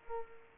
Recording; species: mosquito wingbeat signal from an infrared sensor; Culex pipiens